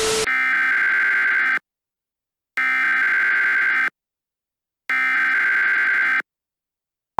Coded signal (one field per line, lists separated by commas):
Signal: Emergency Alert System (SAME) tones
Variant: header bursts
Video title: EAS Scenario: Silence - A Paranormal Entity